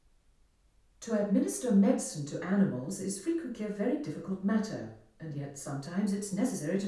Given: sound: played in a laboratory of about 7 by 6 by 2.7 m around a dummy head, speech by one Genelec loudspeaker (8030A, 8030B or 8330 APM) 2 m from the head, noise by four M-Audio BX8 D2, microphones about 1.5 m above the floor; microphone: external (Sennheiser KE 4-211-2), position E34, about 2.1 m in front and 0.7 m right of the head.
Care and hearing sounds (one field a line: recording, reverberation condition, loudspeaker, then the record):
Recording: female speech in English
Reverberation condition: medium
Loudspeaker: 120 degrees to the right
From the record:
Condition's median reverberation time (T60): about 510 ms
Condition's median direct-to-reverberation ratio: about -0.5 dB